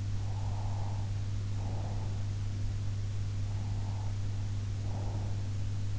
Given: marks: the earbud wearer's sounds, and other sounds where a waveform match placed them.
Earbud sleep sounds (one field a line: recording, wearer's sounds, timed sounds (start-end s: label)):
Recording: sounds in sleep by an in-ear microphone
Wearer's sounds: breath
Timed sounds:
0.27-2.17 s: breath
3.70-5.39 s: breath